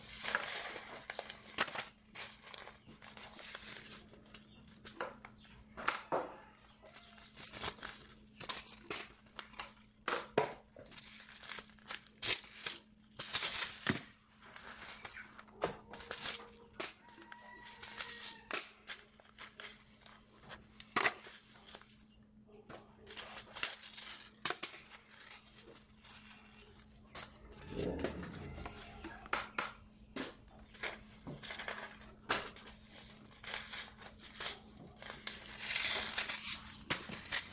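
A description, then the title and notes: Seed packets are handled and sorted in dense, irregular rustles and crinkles, with sharp clicks and a steady low hum underneath throughout. Sorting Seed packets. Sorting packets of seeds.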